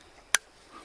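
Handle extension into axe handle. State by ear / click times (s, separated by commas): seated / 0.4 s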